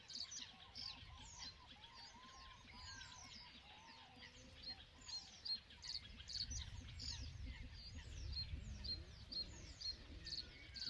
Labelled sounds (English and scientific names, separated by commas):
Great Bittern (Botaurus stellaris)